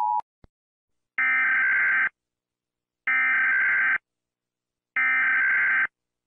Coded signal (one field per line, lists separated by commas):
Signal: Emergency Alert System (SAME) tones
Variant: header bursts